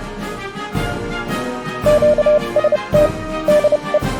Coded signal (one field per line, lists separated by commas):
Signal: Morse code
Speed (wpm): 30 wpm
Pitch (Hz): 600 Hz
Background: music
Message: QST DE